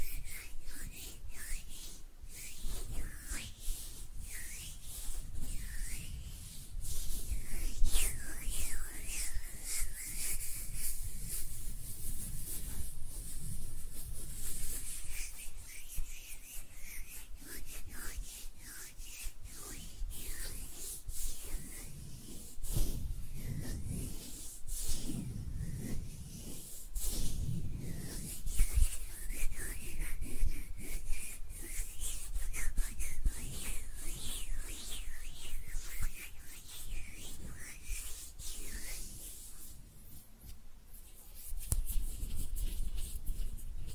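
Hands rub and brush together steadily for the whole time, a dense papery hiss with low thumps and brief swells of friction.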